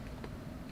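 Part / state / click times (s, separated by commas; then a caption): clipped car part into its mounting / seated / 0.2 s. A clipped part on a Mercedes S65 AMG is pressed into its mounting over a steady low background hum. A single short, sharp click at 0.2 s marks the part popping into place, and it is seated.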